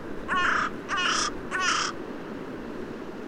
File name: Corvus corone